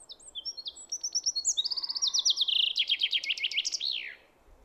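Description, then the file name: Common chaffinch song: high notes open into a series of descending trills that end in a sharp downward flourish. "Fringilla coelebs"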